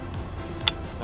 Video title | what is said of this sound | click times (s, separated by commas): Unboxing & Testing a FAT TIRE Velotric Nomad 1 E-Bike! | all right battery in nice click | 0.7 s